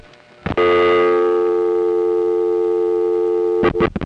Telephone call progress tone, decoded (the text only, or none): dial tone